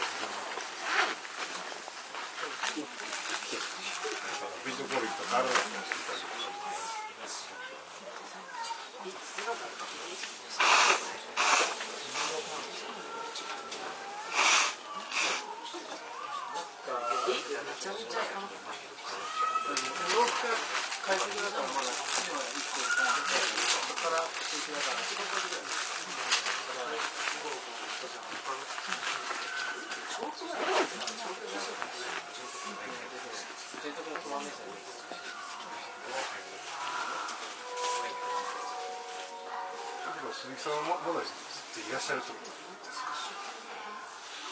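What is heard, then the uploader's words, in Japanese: A Keio 9000 series train runs between Takaosanguchi and Tsutsujigaoka, a steady, dense hiss and rattle with faint whining tones drifting in and out. Voices come through at times, and louder clattering surges arrive around 10, 15 and 20 seconds. 京王9000系 高尾山口〜つつじヶ丘。快速つつじヶ丘行を録音。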